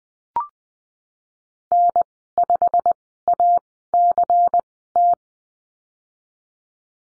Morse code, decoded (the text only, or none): N5ACT